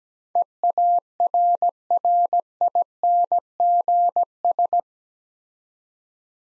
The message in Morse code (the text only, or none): EARRINGS